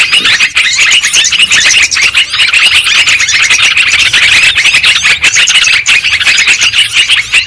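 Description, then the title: Lovebirds calling together, a busy unbroken stream of sharp high twitters and squeals overlapping densely. Lure sound for trapping lovebirds. "PIKAT BURUNG LOVEBIRD"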